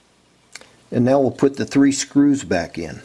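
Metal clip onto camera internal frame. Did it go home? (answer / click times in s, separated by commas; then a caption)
yes / 0.6 s. A metal clip inside a Panasonic Lumix ZS19/ZS20 camera, released earlier, is pushed back onto the camera's internal frame and snaps into place with a sharp click at 0.6 s, followed by a smaller tick. Someone then talks.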